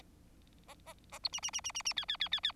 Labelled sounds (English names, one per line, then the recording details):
Bengalese Finch song
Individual Bird4